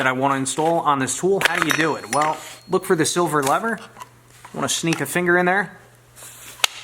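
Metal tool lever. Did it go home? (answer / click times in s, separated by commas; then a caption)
released / 6.6 s. Someone talks while a finger slips under the silver blade-clamp release lever on the head of a Makita XMT04ZB 18V brushless cordless oscillating multi-tool, so a hardwood blade can be installed. The lever is flipped open and gives a single sharp click at 6.6 s, showing it has released at the open position.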